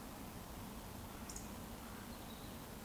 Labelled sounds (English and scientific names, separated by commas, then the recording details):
Eurasian Woodcock (Scolopax rusticola) whistle
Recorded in Baden-Württemberg, Germany, on 23 June 2020 at 19:44 UTC
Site 14569, 102 m above sea level